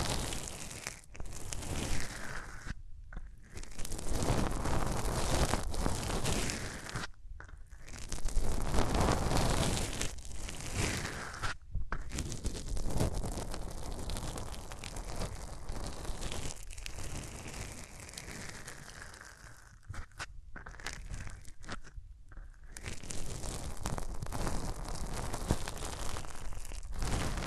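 Hands rub over the ears in a dense, rustling friction that fills the whole range from low rumble to bright hiss. The rubbing runs almost continuously, swelling and easing, broken by brief silent pauses near 3, 7, 12, 20 and 22 seconds. No talking.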